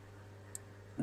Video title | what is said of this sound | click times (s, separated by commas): Tamia Tiger 1 (late Version) Scale 1/35 part 3 | then it should just click into place | 0.5 s